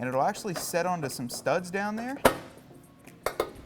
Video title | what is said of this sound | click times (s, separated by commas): Why you should ditch a Jeep Wrangler JL stock bumper: Rugged Ridge Spartacus Bumper Install | hear it click it's a nice fit then | 3.3 s